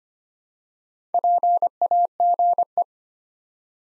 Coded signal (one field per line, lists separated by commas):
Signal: Morse code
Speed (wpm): 25 wpm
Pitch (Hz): 700 Hz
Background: none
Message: PAGE